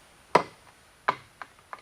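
A cylinder head on a 528 Hemi Mopar crate motor is pushed and tapped down onto the engine block's locating dowel pins. Sharp knocks ring out at 0.4 s and 1.1 s, followed by two lighter taps at about 1.4 s and 1.7 s. The head drops fully home onto the dowels and is confirmed seated.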